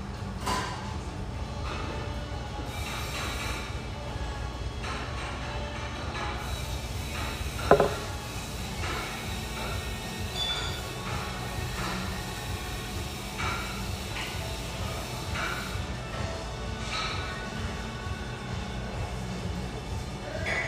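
Steady café hum in an espresso house: dense low murmur of voices and clatter, with one sharp thump near eight seconds.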